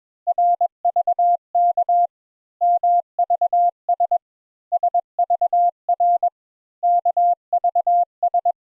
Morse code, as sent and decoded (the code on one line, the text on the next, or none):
.-. ...- -.- / -- ...- ... / ... ...- .-. / -.- ...- ...
RVK MVS SVR KVS